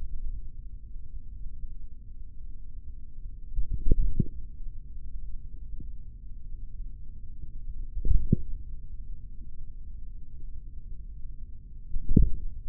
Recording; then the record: forearm muscle sounds (acoustic myography)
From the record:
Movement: tripod grip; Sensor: system 3, bracelet of six PUI Audio POM-2738L microphones around the upper forearm, with dedicated amplification and filtering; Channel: 1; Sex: male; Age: 43 years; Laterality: right